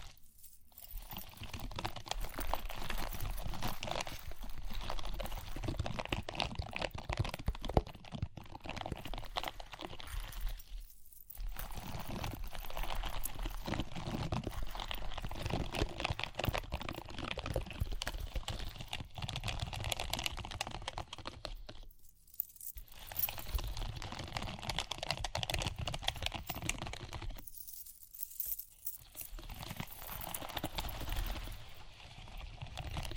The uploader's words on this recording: Tapping, Scratching, Ear Cleaning with Jingling Sounds.